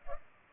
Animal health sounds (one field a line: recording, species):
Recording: mosquito wingbeat signal from an infrared sensor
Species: Culex pipiens